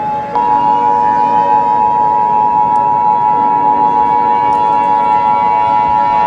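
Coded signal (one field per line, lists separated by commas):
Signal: Emergency Alert System (SAME) tones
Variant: 853 and 960 Hz attention tone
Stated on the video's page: Fictional EAS scenario; the alert is simulated.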